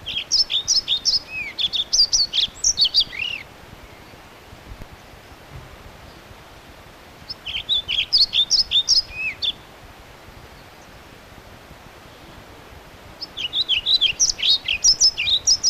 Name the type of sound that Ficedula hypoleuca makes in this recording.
song